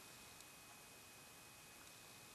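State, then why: Not seated. An oiled trumpet piston valve, back in its metal valve casing, is held down and turned clockwise so its nylon guide lines up with the slot. Only a steady, quiet hiss is heard, with faint soft ticks. Nothing has clicked or seated yet.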